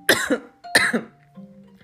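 Two sharp, explosive coughs from an adult woman about half a second apart, each with a brief throaty tail, followed by quiet low room hum. A sudden, ordinary isolated cough, with no wheeze or strained breathing audible.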